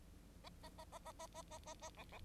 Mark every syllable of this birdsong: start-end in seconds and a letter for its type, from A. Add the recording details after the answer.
0.43-0.49 A, 0.62-0.69 A, 0.78-0.84 A, 0.92-0.99 A, 1.05-1.12 A, 1.19-1.27 A, 1.34-1.42 A, 1.51-1.58 A, 1.66-1.74 A, 1.81-1.90 A, 1.97-2.04 B, 2.12-2.19 B. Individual Bird9